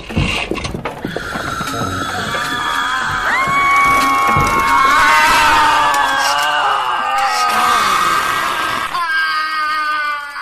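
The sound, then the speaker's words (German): A dense chorus of shrill, overlapping screams and wails at high pitch from many clocks screaming at once, rising and falling together loudly for several seconds before cutting off abruptly near the end. “Ich bin schreiende Uhren gewöhnt.”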